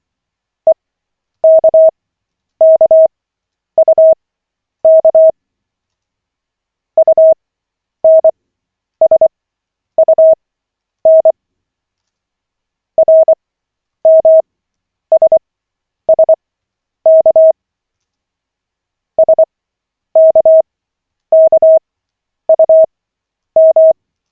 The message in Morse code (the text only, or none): EKKUK UNSUN RMSSK SKKUM